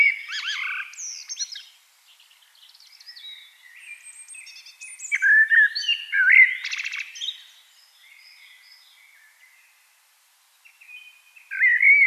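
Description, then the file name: Eurasian blackbird song: a loud fluty opening, then quieter high twitters, a second rich warbled phrase, and a final mellow whistle after a short pause. "Turdus merula"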